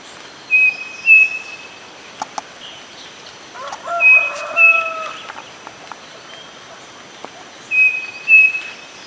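Bird calls: paired clear whistled notes, the second slightly higher, given three times about three and a half seconds apart, with a lower harmonic warbling note midway.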